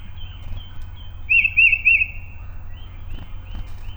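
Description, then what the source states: Tufted titmouse call: three quick, clear, slightly wavering whistled notes near the middle, with faint thin high tones and a low steady hum underneath. Recorded on 20 March 2007.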